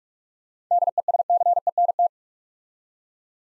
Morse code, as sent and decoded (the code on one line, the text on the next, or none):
-.. . ... -.-. . -. -
DESCENT